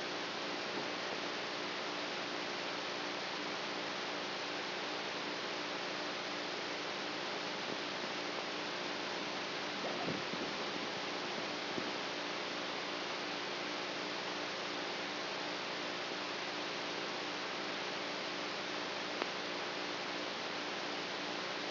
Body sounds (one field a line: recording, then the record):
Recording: brain microelectrode recording played as sound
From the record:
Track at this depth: outside the subthalamic nucleus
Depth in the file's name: -0.11 mm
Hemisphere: right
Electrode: 3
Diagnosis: Parkinson's disease